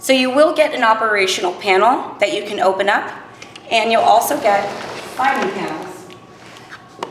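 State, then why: Seated. A glass sliding panel of a panoramic door system is slid along its track until it meets the magnet in the aluminium head track while someone talks. A sharp, loud click at 7.0 s marks the panel seating against the magnetic catch.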